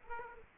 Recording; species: mosquito wingbeat signal from an infrared sensor; Aedes aegypti